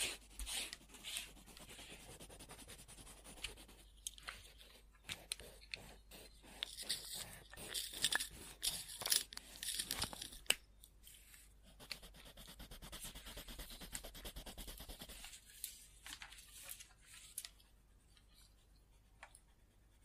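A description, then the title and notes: Pencil scribbling on paper, a dense run of quick scratchy strokes that are mostly bright and hissy. The activity comes in bursts, busiest from about four to eleven seconds, with brief pauses, then turns lighter and sparser toward the end. Scribbling On Paper.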